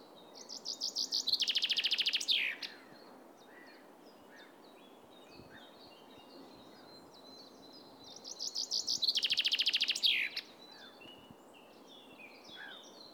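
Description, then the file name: Common chaffinch singing two bright phrases about seven seconds apart, each a run of quick notes into a rattling trill with a down-slurred ending; faint high chirps between. "Fringilla coelebs"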